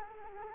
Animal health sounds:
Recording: mosquito wingbeat signal from an infrared sensor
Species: Culex quinquefasciatus

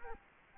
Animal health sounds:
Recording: mosquito wingbeat signal from an infrared sensor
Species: Culex quinquefasciatus

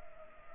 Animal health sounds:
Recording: mosquito wingbeat signal from an infrared sensor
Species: Culex pipiens

